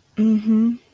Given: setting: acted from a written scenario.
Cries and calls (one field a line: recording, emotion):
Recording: vocal sound without words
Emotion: ecstasy